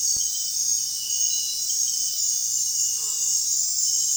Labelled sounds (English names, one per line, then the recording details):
none
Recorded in dense forest near Puerto Asís, Putumayo, Colombia, on 23 June 2025 at 20:30
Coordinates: 0.466, -76.327
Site GP04